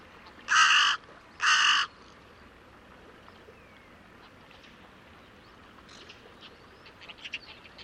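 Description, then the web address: Bird utters two harsh caws in quick succession, followed by several seconds of near quiet with faint chirps. "cianscape. Deverinetal 2025. Bird Only"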